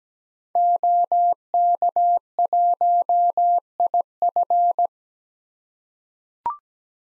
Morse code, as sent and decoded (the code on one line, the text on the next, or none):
--- -.- .---- .. ..-.
OK1IF